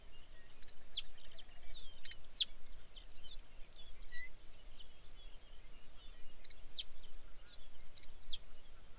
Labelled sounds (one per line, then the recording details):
songbird
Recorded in the Arctic National Wildlife Refuge, Alaska, on 23 May 2019 at 05:44
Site 49